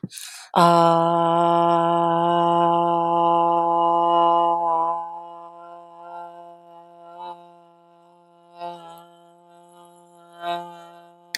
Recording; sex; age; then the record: vowel held as long as possible; female; 30 to 39 years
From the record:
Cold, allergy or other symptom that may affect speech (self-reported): no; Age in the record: 30 years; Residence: Texas, United States